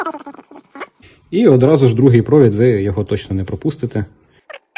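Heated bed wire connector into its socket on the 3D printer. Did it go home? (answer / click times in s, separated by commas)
no / none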